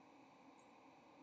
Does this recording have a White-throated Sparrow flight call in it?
no